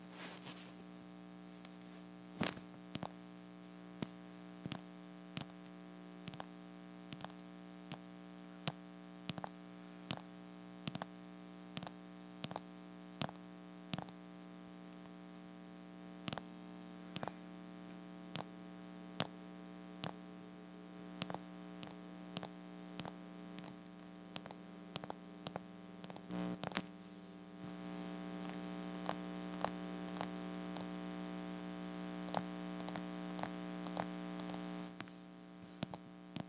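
Plastic tapping: short, sharp clicks at a fairly regular pace, roughly one or two per second, across the whole clip. A steady low hum runs underneath throughout, growing louder and thicker after about 27 seconds, with a brief louder knock just before.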